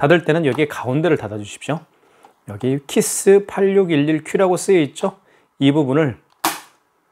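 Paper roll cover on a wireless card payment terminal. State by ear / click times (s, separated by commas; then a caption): seated / 6.4 s. Someone talks while firmly pressing down the center of the plastic paper-compartment cover on a KIS-8611Q Wi-Fi hotspot wireless card payment terminal after loading the thermal paper roll. The cover closes with a single sharp snap at 6.5 s, then silence follows. The cover is seated and shut, and the snap is normal rather than anything breaking.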